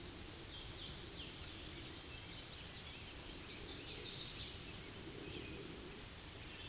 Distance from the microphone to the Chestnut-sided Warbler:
about 30 m